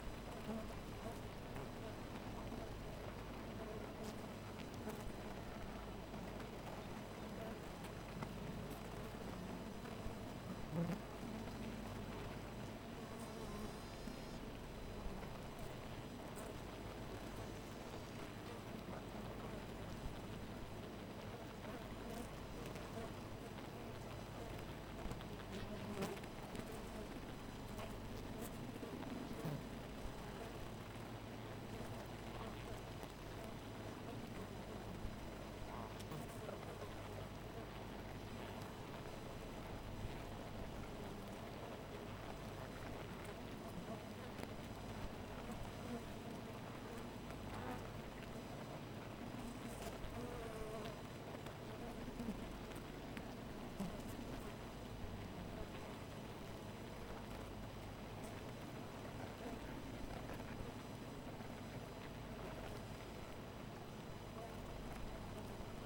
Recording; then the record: honeybee colony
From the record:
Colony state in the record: missing queen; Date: 14 July 2017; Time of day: 4:04